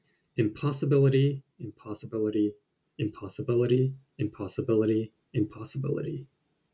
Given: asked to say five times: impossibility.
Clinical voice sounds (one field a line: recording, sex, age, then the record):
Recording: repeated word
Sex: male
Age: 30 to 39 years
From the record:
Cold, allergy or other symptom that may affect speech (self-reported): no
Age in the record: 33 years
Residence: California, United States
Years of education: 16